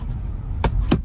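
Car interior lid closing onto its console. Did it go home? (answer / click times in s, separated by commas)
no / none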